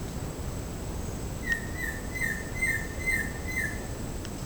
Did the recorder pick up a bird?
yes